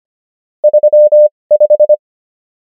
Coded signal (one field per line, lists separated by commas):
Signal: Morse code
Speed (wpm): 25 wpm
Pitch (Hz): 600 Hz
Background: none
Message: 35